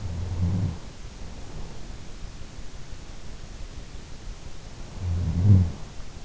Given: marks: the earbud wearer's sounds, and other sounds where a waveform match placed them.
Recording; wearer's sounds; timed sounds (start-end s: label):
sounds in sleep by an in-ear microphone; snoring breath
0.00-1.13 s: snoring breath
4.97-6.17 s: snoring breath